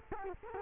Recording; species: mosquito wingbeat signal from an infrared sensor; Culex quinquefasciatus